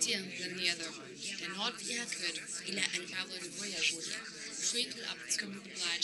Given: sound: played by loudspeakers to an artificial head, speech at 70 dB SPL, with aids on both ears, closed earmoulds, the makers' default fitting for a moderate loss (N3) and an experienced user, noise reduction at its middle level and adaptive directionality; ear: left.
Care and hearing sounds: speech test signal (ISTS) in cocktail-party noise; 0 dB; in front (0 degrees)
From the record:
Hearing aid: class 1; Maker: H

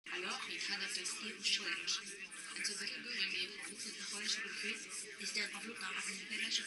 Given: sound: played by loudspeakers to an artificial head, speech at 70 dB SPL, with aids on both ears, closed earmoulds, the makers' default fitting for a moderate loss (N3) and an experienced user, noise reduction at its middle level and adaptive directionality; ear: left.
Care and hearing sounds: speech test signal (ISTS) in cocktail-party noise; 0 dB; on the right (90 degrees)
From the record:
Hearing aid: class 2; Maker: J

